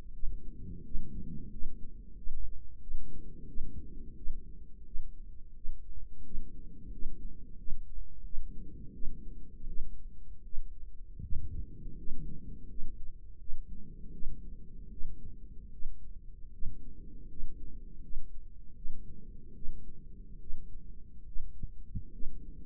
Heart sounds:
heart sounds by microphone in the right ear; 82 bpm
0.17 s: heartbeat
0.88 s: heartbeat
1.55 s: heartbeat
2.20 s: heartbeat
2.84 s: heartbeat
3.51 s: heartbeat
4.19 s: heartbeat
4.89 s: heartbeat
5.59 s: heartbeat
6.28 s: heartbeat
6.95 s: heartbeat
7.61 s: heartbeat
8.27 s: heartbeat
8.96 s: heartbeat
9.71 s: heartbeat
10.47 s: heartbeat
11.25 s: heartbeat
12.01 s: heartbeat
12.72 s: heartbeat
13.42 s: heartbeat
14.15 s: heartbeat
14.94 s: heartbeat
15.75 s: heartbeat
16.55 s: heartbeat
17.32 s: heartbeat
18.05 s: heartbeat
18.78 s: heartbeat
19.57 s: heartbeat
20.43 s: heartbeat
21.29 s: heartbeat
22.15 s: heartbeat
From the record:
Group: healthy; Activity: rest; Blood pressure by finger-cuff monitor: 156/83 mmHg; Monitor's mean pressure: 103 mmHg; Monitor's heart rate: 82 bpm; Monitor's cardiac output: 10.3 L/min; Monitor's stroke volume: 122 mL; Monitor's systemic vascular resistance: 770 dyn s/cm5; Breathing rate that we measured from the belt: 11 breaths a minute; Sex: male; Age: 30 years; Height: 188 cm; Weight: 110.2 kg

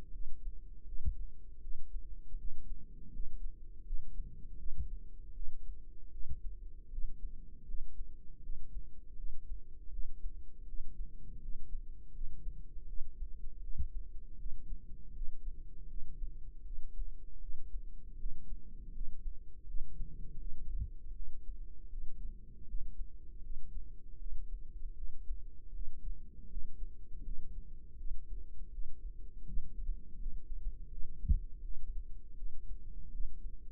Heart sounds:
heart sounds by microphone in the right ear; 80 bpm
0.10 s: heartbeat
0.84 s: heartbeat
1.60 s: heartbeat
2.36 s: heartbeat
3.10 s: heartbeat
3.83 s: heartbeat
4.56 s: heartbeat
5.32 s: heartbeat
6.09 s: heartbeat
6.88 s: heartbeat
7.65 s: heartbeat
8.40 s: heartbeat
9.14 s: heartbeat
9.89 s: heartbeat
10.64 s: heartbeat
11.39 s: heartbeat
12.11 s: heartbeat
12.85 s: heartbeat
13.59 s: heartbeat
14.36 s: heartbeat
15.12 s: heartbeat
15.86 s: heartbeat
16.62 s: heartbeat
17.38 s: heartbeat
18.16 s: heartbeat
18.91 s: heartbeat
19.65 s: heartbeat
20.37 s: heartbeat
21.12 s: heartbeat
21.88 s: heartbeat
22.65 s: heartbeat
23.40 s: heartbeat
24.16 s: heartbeat
24.93 s: heartbeat
25.71 s: heartbeat
26.47 s: heartbeat
27.22 s: heartbeat
27.95 s: heartbeat
28.69 s: heartbeat
29.43 s: heartbeat
30.16 s: heartbeat
30.88 s: heartbeat
31.60 s: heartbeat
32.34 s: heartbeat
33.10 s: heartbeat
From the record:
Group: healthy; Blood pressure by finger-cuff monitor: 114/68 mmHg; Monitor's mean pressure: 84 mmHg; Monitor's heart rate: 80 bpm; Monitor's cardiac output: 7.9 L/min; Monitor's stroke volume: 98 mL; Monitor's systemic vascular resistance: 770 dyn s/cm5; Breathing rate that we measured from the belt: 16 breaths a minute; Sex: male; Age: 33 years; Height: 179 cm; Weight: 80.4 kg

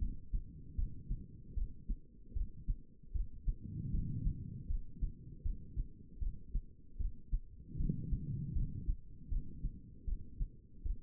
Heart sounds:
heart sounds by stethoscope; 77 bpm
0.76 s: heartbeat
1.55 s: heartbeat
2.34 s: heartbeat
3.13 s: heartbeat
3.92 s: heartbeat
4.68 s: heartbeat
5.43 s: heartbeat
6.20 s: heartbeat
6.98 s: heartbeat
7.78 s: heartbeat
8.54 s: heartbeat
9.30 s: heartbeat
10.06 s: heartbeat
10.84 s: heartbeat
From the record:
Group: healthy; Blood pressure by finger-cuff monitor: 125/85 mmHg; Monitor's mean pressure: 101 mmHg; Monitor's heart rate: 78 bpm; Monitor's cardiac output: 4.7 L/min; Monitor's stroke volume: 60 mL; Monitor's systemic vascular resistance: 1600 dyn s/cm5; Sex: female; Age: 51 years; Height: 162 cm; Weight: 70.04 kg

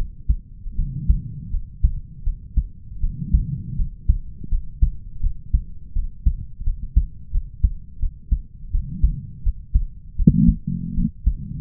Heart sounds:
heart sounds by stethoscope; 82 bpm
0.75 s: heartbeat
1.50 s: heartbeat
2.23 s: heartbeat
3.00 s: heartbeat
3.75 s: heartbeat
4.48 s: heartbeat
5.20 s: heartbeat
5.92 s: heartbeat
6.63 s: heartbeat
7.31 s: heartbeat
7.99 s: heartbeat
8.71 s: heartbeat
9.42 s: heartbeat
10.15 s: heartbeat
10.94 s: heartbeat
From the record:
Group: healthy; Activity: rest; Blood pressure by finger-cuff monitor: 98/78 mmHg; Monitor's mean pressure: 83 mmHg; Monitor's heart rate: 83 bpm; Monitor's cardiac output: 5.5 L/min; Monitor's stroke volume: 66 mL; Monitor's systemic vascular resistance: 1130 dyn s/cm5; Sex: male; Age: 20 years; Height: 187 cm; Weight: 68.9 kg

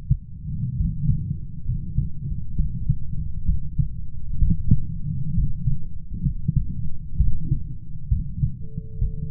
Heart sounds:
heart sounds by stethoscope; 66 bpm
0.76 s: heartbeat
1.65 s: heartbeat
2.55 s: heartbeat
3.45 s: heartbeat
4.38 s: heartbeat
5.34 s: heartbeat
6.22 s: heartbeat
7.17 s: heartbeat
8.08 s: heartbeat
8.98 s: heartbeat
From the record:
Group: healthy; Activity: rest 0-8 s, light exercise 8-9 s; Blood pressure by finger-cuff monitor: 121/66 mmHg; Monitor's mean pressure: 83 mmHg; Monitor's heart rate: 65 bpm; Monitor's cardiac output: 7.6 L/min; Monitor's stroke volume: 118 mL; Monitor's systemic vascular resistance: 800 dyn s/cm5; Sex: male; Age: 23 years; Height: 178 cm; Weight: 96.6 kg

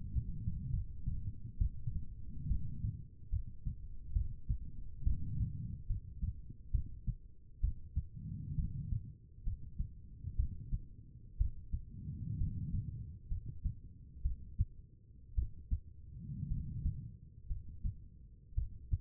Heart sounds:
heart sounds by stethoscope; 64 bpm
0.71 s: heartbeat
1.58 s: heartbeat
2.48 s: heartbeat
3.30 s: heartbeat
4.13 s: heartbeat
5.04 s: heartbeat
5.87 s: heartbeat
6.72 s: heartbeat
7.61 s: heartbeat
8.56 s: heartbeat
9.44 s: heartbeat
10.36 s: heartbeat
11.38 s: heartbeat
12.38 s: heartbeat
13.29 s: heartbeat
14.22 s: heartbeat
15.35 s: heartbeat
16.48 s: heartbeat
17.48 s: heartbeat
18.55 s: heartbeat
From the record:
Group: healthy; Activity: rest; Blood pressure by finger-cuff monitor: 90/56 mmHg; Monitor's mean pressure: 66 mmHg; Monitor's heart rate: 67 bpm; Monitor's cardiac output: 5.1 L/min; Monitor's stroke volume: 76 mL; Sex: female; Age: 36 years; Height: 163 cm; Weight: 88 kg

